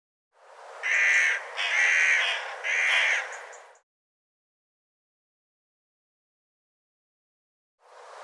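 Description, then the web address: Bird calling with three rough, grating caws in a row, followed by a long silence before another call begins at the very end. "cianscape birddata Deverinetal 2025"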